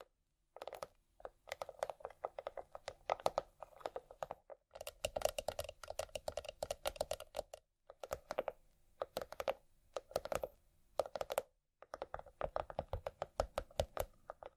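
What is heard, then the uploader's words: Quick bursts of hard tapping with a ringing, hollow tone, clustered into flurries separated by brief silences around five, eight and twelve seconds. Vinyl,wood,tapping,scratchig,chain,glass,etc.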